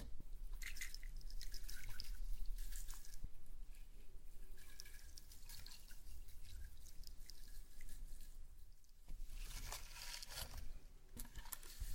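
Slime being squished and stretched makes a steady run of wet, sticky clicks and small pops, with bright crackly bursts clustered around the start, middle and near the end. A low rumble sits underneath throughout, and the sound briefly thins just before nine seconds.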